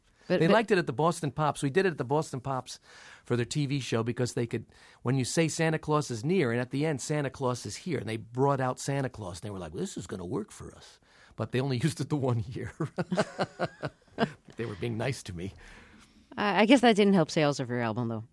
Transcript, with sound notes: They liked it at the Boston Pops. We did it at the Boston Pops for their TV show because they could, when you say Santa Claus is near and at the end of Santa Claus is here, they brought out Santa Claus. They were like, well, this is going to work for us. But they only used it the one year.
(LAUGHTER)
They were being nice to me.
I guess that didn't sales of your album, though.